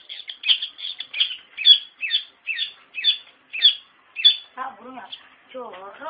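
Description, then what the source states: Long-tailed shrike song: a series of harsh high notes, followed by lower, rasping chevron-shaped notes near the end. Singing lively (gacor).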